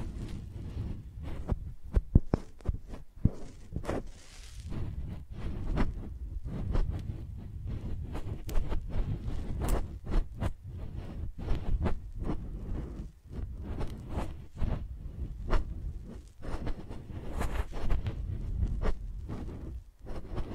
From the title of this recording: ASMR Using Mics as Pencils (No Talking)